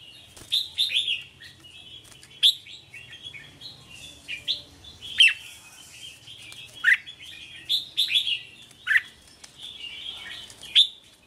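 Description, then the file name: Red-whiskered bulbul song: bright, slurred whistled notes and short warbles in irregular bursts. "Tieng chao mao hot che"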